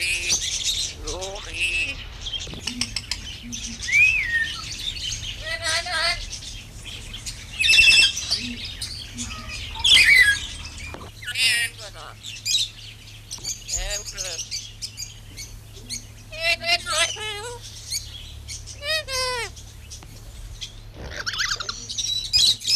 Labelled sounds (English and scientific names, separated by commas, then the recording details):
Black-capped Lory (Lorius lory) call
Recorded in captivity
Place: Zoo Hannover, Niedersachsen, DE
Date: 1974-07-04
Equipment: Halbspur, 9,5 cm/s
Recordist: Lütgens, Hans